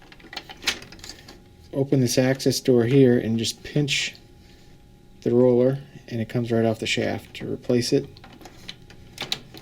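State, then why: Seated. A replacement roller for a printer's paper tray is pushed onto its shaft after an access door is opened and the old roller is pinched off. Someone talks, with small handling clicks near the start and end. The roller clicks into place on the shaft at 9.3 s.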